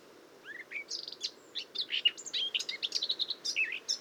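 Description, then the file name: Eurasian blackcap song, a fast jumble of high chirps, trills and short whistles building through the second half, with quiet background noise. "Sylvia atricapilla"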